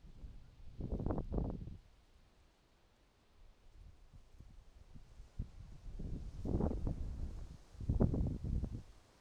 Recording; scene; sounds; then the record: everyday scene through a hearing-aid microphone; wind on the microphone; wind, traffic, birds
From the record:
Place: suburban garden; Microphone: in the ear canal, right